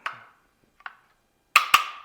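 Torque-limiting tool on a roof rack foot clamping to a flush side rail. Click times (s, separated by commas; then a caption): 1.6 s. A supplied torque-limiting tool tightens a Thule roof rack foot onto the flush side rail and load bar of a 2019–2022+ Hyundai Santa Fe XL 5-door SUV. After a few soft taps, the handle gives a sharp, loud click at 1.6 s, followed by a second click at 1.7 s. The click shows the foot has reached maximum tightness and is fully tightened.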